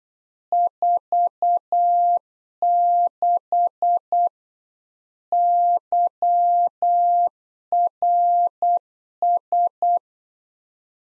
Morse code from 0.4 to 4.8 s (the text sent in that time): 46